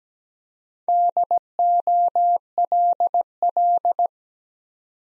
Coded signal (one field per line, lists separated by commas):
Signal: Morse code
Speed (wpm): 17 wpm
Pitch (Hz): 700 Hz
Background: none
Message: DOLL